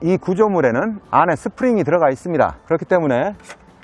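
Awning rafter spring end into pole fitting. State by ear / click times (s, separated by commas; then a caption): not seated / none. An awning rafter, a metal tube with a spring-loaded end, is handled while it is being lined up with the groove of the fitting that holds the support pole. Someone talks throughout. Nothing has seated or clicked yet.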